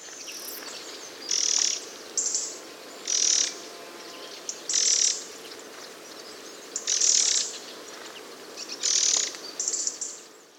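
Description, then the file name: Eurasian wren giving very high, thin bursts of call notes, each about half a second long, repeated irregularly every one to two seconds over a steady background hiss. "Troglodytes troglodytes"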